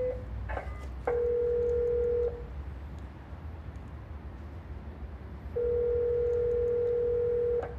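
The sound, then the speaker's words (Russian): A telephone call is dialed and connected: a few quick dialing beeps give way to a steady ringback tone, a long mid-pitched note that stops, leaves a gap of faint hiss, then sounds again, with no voices. “Если хотите, я могу соединить сейчас. Соединяем.”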